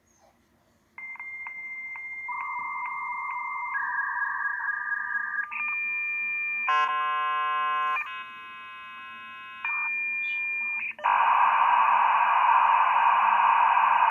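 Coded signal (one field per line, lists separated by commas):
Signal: dial-up modem handshake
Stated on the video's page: Dial-up handshake from a 1998 US Robotics 56K modem.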